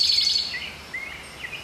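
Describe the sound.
Towhee song: a fast high trill opens, followed by a few fainter slurred notes.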